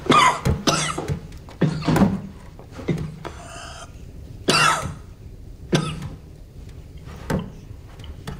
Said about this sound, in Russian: К лицу Володина подносят кусок ваты. Володин кашляет.